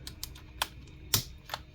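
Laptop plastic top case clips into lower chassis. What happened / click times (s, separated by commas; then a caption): The plastic case edge snapped into place / 0.2 s, 0.6 s, 1.1 s. Pressing down along the bottom edge of a Dell Inspiron 15 3520 laptop's plastic top case (palmrest/keyboard deck) snaps its plastic clips into the lower chassis. Sharp plastic clicks land at 0.2, 0.6 and 1.1 seconds, with fainter taps around them. The edge is confirmed seated, with the clips snapped into the base.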